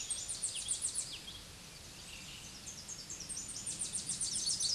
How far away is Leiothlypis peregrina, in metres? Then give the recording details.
about 10 m. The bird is about 5 m above the microphone. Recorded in a Pennsylvania forest on 16 May 2024 at 07:05. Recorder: AudioMoth, point MSD-0178. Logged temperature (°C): 15.3 °C. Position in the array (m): 81 m, 61 m